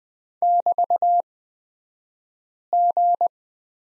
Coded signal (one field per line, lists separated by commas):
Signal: Morse code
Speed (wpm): 20 wpm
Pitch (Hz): 700 Hz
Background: none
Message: <BT>G